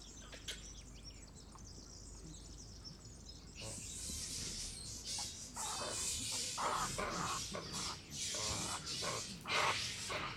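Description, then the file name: Monkey calls, near silence at first, then a dense run of harsh, raspy screeches and chattering bursts that continue to the end. "singes"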